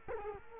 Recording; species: mosquito wingbeat signal from an infrared sensor; Culex quinquefasciatus